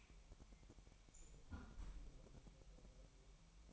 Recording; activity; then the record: daily activity, microphone in the room; close fridge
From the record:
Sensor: 1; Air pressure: 1002.0 hPa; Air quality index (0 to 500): 244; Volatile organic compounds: 50 ppm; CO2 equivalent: 3290 ppm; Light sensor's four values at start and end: 8/28/10/11 and 8/28/10/11